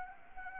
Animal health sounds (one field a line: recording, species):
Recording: mosquito wingbeat signal from an infrared sensor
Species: Anopheles arabiensis